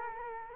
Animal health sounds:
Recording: mosquito wingbeat signal from an infrared sensor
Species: Culex quinquefasciatus

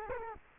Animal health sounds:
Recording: mosquito wingbeat signal from an infrared sensor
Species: Culex quinquefasciatus

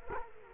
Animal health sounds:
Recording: mosquito wingbeat signal from an infrared sensor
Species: Culex quinquefasciatus

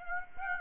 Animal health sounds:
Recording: mosquito wingbeat signal from an infrared sensor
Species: Aedes aegypti

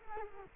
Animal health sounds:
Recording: mosquito wingbeat signal from an infrared sensor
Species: Culex quinquefasciatus

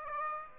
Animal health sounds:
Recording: mosquito wingbeat signal from an infrared sensor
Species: Aedes aegypti

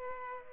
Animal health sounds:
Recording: mosquito wingbeat signal from an infrared sensor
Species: Culex pipiens

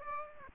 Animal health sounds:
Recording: mosquito wingbeat signal from an infrared sensor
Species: Aedes aegypti

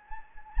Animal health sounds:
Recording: mosquito wingbeat signal from an infrared sensor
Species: Anopheles gambiae

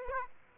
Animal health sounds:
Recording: mosquito wingbeat signal from an infrared sensor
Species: Aedes aegypti

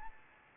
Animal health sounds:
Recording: mosquito wingbeat signal from an infrared sensor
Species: Anopheles gambiae

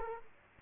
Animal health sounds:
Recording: mosquito wingbeat signal from an infrared sensor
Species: Culex quinquefasciatus

